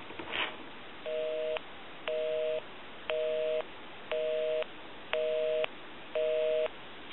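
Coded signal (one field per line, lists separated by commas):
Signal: telephone call progress tone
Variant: North America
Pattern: busy tone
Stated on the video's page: DTMF from a single-slot touchtone payphone.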